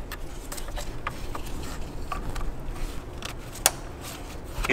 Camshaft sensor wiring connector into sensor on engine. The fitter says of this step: with it tight we can plug the connector back in you should hear it click